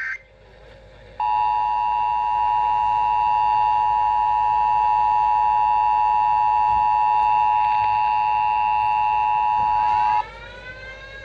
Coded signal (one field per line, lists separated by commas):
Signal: Emergency Alert System (SAME) tones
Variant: 853 and 960 Hz attention tone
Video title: Required Monthly Test (EAS #61)